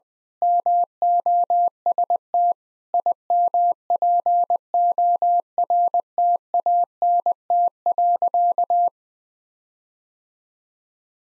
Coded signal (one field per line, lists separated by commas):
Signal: Morse code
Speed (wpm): 21 wpm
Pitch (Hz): 700 Hz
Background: none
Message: MOST IMPORTANT.